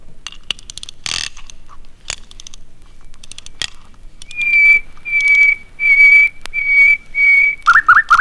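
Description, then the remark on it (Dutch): Clicking and ratcheting as a silver key winds a golden, diamond-studded mechanical toy nightingale, which then sings: a run of pure, steady high whistled notes in even bursts, ending with quick warbling trills. “Wat een mooi geluid. En zo zuiver. Dit is bijna net zo mooi als het geluid van de echte nachtegaal.”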